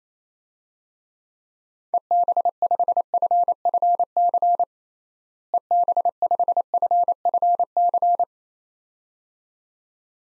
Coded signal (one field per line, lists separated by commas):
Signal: Morse code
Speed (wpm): 28 wpm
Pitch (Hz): 700 Hz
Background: none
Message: EB5FFC EB5FFC